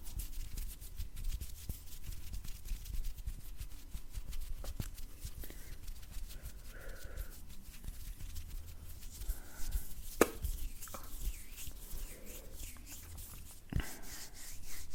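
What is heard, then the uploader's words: Close-up hand movements rub and brush against a surface in a steady, dense layer of soft scratchy friction with a low rumble underneath. Sharp taps and clicks break through now and then, strongest near ten and fourteen seconds, alongside brief murmuring tones around seven and nine seconds. ASMR Intense Layered Sounds + Closeup Hands movements.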